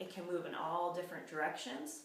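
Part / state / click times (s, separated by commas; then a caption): swivel lock on a mop head base joint / not seated / none. Someone talks while handling the swivel lock on the base joint of a Norwex Superior Mop System floor mop head, with the head still free to turn in all directions. The lock has not yet engaged; nothing has seated or clicked in this clip.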